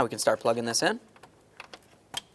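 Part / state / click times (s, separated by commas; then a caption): cooling fan electrical connector into the harness plug / seated / 2.2 s. Someone talks, then plugs the electrical connector of the new radiator cooling fan on a 2007-2012 Nissan Sentra into its mating plastic harness plug. A few faint ticks lead up to a sharp click at 2.2 s as the connector seats, and a tug confirms it is locked in.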